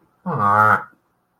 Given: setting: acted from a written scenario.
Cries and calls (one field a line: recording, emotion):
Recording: vocal sound without words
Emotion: disappointment